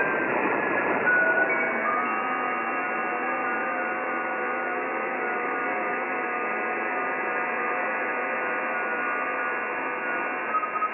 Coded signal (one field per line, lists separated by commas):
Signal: FT8